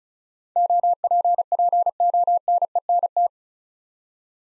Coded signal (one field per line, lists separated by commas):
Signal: Morse code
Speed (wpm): 36 wpm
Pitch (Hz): 700 Hz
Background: none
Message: OPPONENT